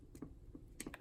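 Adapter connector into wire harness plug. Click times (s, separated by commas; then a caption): 0.8 s. A plastic adapter connector is plugged into a wire harness plug, and its small tab latches with a click at 0.8 s, so the adapter is seated. A few light plastic ticks come before it, and another sharp click follows at about 0.9 s.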